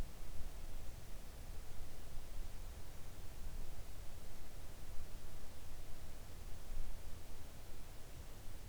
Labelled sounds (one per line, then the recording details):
near silence
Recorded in the Arctic National Wildlife Refuge, Alaska, on 3 August 2019 at 05:41
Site 41